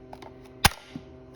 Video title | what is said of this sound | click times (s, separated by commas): How to Change Battery on Mini Electric Chainsaw | I'm just going to slide this one in, just like so, and all the way till it clicks. | 0.6 s